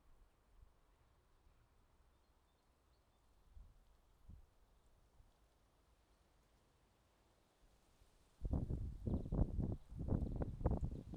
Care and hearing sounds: everyday scene through a hearing-aid microphone; wind on the microphone; wind, traffic, birds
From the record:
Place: suburban garden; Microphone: in the ear canal, left

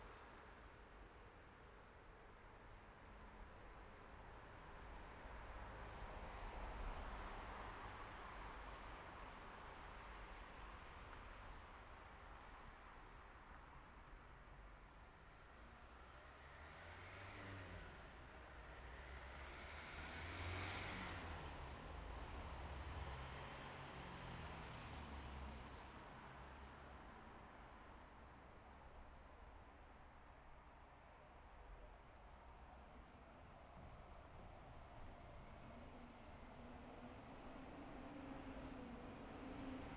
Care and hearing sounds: everyday scene through a hearing-aid microphone; in traffic; traffic, mumbling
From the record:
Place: bus stop on a city main road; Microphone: behind the ear, left, rear

